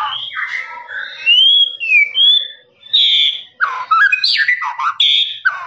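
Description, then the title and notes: Lovebird squeaky chattering song with slurred whistles, a short pause, then harsher bursts of chatter. Long trilling "ngekek" lovebird song, used as a master for training birds. "MASTERAN LOVEBIRD NGEKEK PANJANG. suara burung, master burung"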